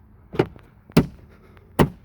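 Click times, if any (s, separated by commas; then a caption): 1.0 s, 1.8 s. A 2020 Kia Soul taillight housing is lined up and pushed onto the car body so its plastic pegs snap into the white retaining clips. A sharp knock comes at 0.4 s, then two loud, sharp snaps at 1.0 s and 1.8 s, with faint ticks between them. The taillight is seated in place.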